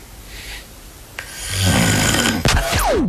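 An adult snoring while asleep, with rough, rattling snores over a low-pitched rumble.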